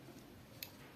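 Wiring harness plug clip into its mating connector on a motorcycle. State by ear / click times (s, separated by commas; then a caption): seated / 0.6 s. After cleaning, a motorcycle main wiring harness connector with a plastic clip housing on a Honda 70 is pushed back together into its mating connector. A short, sharp tick stands out at 0.6 s over a low background hum, showing the clip has locked in and seated.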